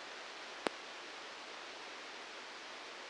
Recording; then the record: brain microelectrode recording played as sound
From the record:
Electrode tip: outside the subthalamic nucleus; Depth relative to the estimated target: 0 mm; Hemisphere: left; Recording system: NeuroSet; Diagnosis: Parkinson's disease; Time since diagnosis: 19 years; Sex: female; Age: 69 years